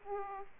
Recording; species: mosquito wingbeat signal from an infrared sensor; Aedes aegypti